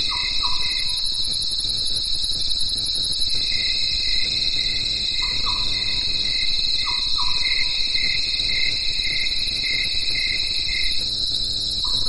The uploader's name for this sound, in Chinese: 山间夜里的蝈蝈蛐蛐夜莺合唱团